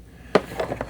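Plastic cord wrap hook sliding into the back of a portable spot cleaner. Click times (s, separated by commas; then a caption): 0.4 s. A plastic cord wrap hook is slid into its slot on the back of a Hoover Spotless Mini portable spot cleaner. After a quiet stretch, a strong, sharp click at 0.4 s shows the wrap seating into place, followed by a few quieter taps and knocks. The cord wrap is clicked onto the cleaner body.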